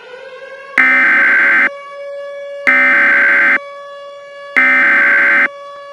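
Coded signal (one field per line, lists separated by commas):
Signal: Emergency Alert System (SAME) tones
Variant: header bursts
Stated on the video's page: Fictional EAS scenario about a tornadic phenomenon, not a real alert.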